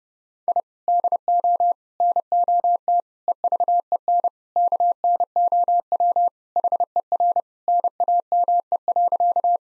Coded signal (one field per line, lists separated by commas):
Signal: Morse code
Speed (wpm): 32 wpm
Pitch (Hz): 700 Hz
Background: none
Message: I DO NOT EVEN KNOW HER NAME.